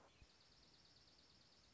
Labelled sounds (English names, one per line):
Dark-eyed Junco